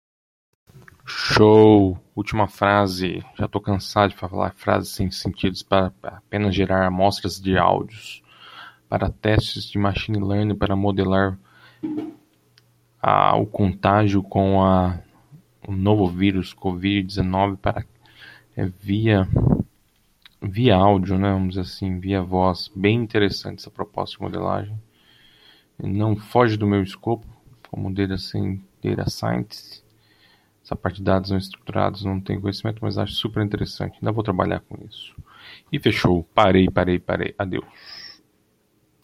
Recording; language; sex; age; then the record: short text; Brazilian Portuguese; male; 30 to 39 years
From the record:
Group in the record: control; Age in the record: 32 years